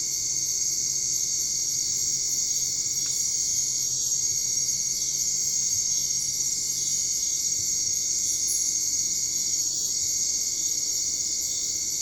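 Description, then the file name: European mole cricket sustained buzzing churr, unbroken except for two short pauses, set against a shrill continuous chorus of other insects. "TB 220908 2100 Telinga Graz MAULgrill 2290 Hz 25 grad"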